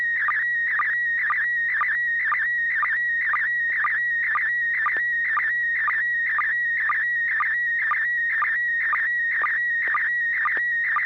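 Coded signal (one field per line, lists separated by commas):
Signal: SSTV (slow-scan television)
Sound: warbling high tone with steady rhythmic chirps about twice a second throughout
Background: low hum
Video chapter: and6 pgq almost perfect reception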